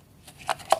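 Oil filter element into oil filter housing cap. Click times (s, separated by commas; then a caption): 0.5 s, 0.7 s. A new paper oil filter element for a 2009 Porsche 911 Carrera 4S (997.2) is pushed onto the plastic oil filter housing cap and snaps into place. After some faint handling noise, two sharp clicks are heard at about 0.5 and 0.7 seconds as the element pops in and seats.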